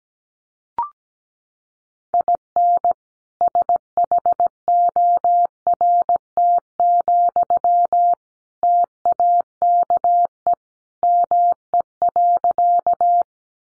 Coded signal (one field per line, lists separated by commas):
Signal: Morse code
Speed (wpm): 17 wpm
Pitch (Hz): 700 Hz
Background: none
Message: IN SHORT, TAKE ME.